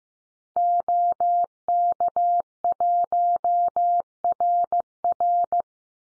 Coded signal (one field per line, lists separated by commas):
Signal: Morse code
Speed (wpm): 15 wpm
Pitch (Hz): 700 Hz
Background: none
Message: OK1RR